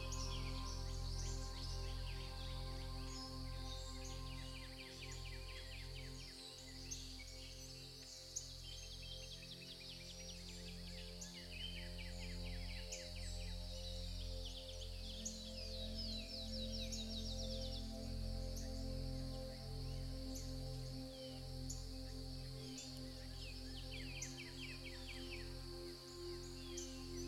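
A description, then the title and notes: Soft sustained low tones hold steady under dense, constant birdsong chirps and a high insect-like buzz, with a slight shift midway. Tender MUSIC and the Sounds of NATURE.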